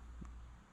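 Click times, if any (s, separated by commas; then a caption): 0.2 s. A steel wrist-pin circlip is pushed into its groove in the pin bore of an aluminium piston with a piece of plastic while a finger holds it, during a Yamaha TTR125 top-end rebuild with a BBR 150 big bore kit. Over a steady low hum, a short, sharp snap is heard at 0.3 s as the circlip seats in the groove.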